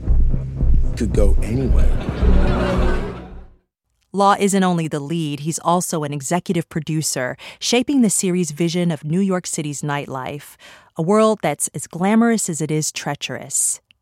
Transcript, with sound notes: could go anywhere.
(LAUGHTER)
Law isn't only the lead. He's also an executive producer shaping the series' vision of New York City's nightlife, a world that's as glamorous as it is treacherous.